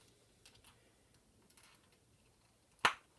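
An alternate head sculpt is pushed onto the neck peg of a plastic action figure after a short struggle, with faint plastic rubbing and small ticks at about 0.5 s and 1.5 to 1.6 s. At 2.9 s the head pops into place on the peg with one sharp, loud snap, fully seated.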